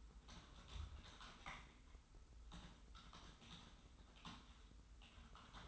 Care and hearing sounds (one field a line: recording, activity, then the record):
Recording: daily activity, microphone in the room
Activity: typing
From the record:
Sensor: 3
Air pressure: 990.9 hPa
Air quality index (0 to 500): 139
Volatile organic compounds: 261 ppm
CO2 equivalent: 4388 ppm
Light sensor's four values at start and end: 37/89/36/35 and 37/89/36/35